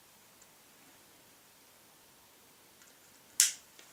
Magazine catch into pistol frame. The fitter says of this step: it snaps in again and the